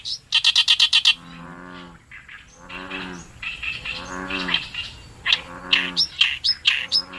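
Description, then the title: Oriental reed warbler song: a rapid run of harsh rasping notes, then deep croaking gurgles, then more loud grating chatters repeated in quick succession. Recorded on the Tone River riverbank in Japan. "利根川河川敷のオオヨシキリ"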